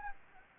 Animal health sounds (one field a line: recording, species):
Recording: mosquito wingbeat signal from an infrared sensor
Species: Anopheles gambiae